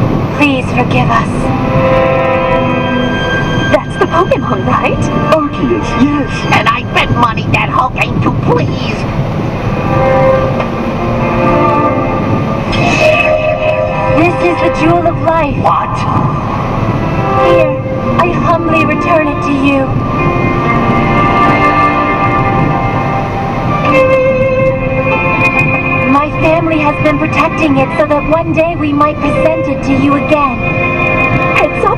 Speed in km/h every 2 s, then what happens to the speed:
111, 111, 111, 111, 111, 111, 111, 112, 112, 112, 112, 112, 112, 112, 112, 112.
0-32 steady at about 112.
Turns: none.